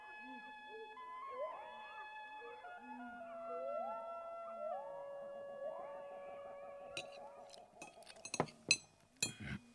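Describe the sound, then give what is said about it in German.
Slow, sliding tones hum for several seconds, then a quick flurry of bright, ringing clinks as several men tap their glasses together for a toast, the taps uneven and overlapping. “so wollen wir das Glas erheben auf Sir Peer Gynt”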